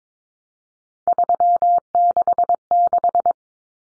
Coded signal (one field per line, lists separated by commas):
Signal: Morse code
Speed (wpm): 22 wpm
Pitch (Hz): 700 Hz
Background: none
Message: 366